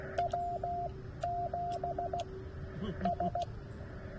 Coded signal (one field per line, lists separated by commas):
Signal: Morse code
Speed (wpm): 16 wpm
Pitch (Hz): 700 Hz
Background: radio noise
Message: W7 S